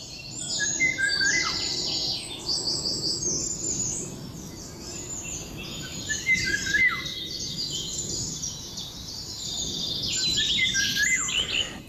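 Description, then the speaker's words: Eurasian golden oriole giving a few fluty whistled phrases that fall in pitch, amid dense high chirping from other birds. Heard early in the morning in Lauwersmeer National Park, Netherlands; the bird usually stays unseen and can now be heard again in many places in the Netherlands. "In Nationaal Park Lauwersmeer hoort Simone Wieringa 's morgens vroeg de wielenwaal."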